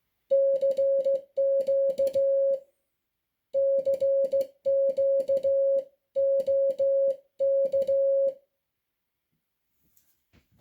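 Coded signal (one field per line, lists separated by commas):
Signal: Morse code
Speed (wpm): 14 wpm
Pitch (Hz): 550 Hz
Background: music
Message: CQ CQ OK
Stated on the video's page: Sent on a NATO Morse key.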